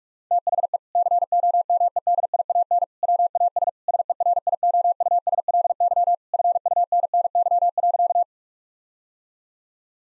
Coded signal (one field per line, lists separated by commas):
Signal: Morse code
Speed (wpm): 41 wpm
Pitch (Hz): 700 Hz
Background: none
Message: THE COMEDIAN WAS SERIOUSLY FUNNY.